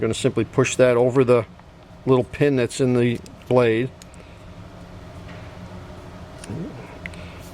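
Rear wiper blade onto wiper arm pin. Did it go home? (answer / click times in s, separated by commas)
yes / 7.1 s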